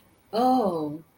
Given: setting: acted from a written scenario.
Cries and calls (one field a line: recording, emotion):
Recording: vocal sound without words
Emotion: interest